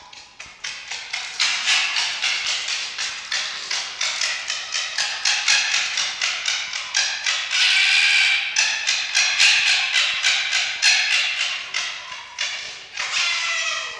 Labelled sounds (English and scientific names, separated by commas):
Red Fox (Vulpes vulpes)